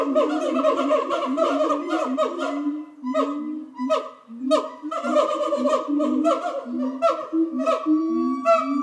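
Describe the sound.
Gibbon calls: a steady stream of rich, hooting, swooping notes, overlapping and repeated rapidly throughout, with a couple of brief dips.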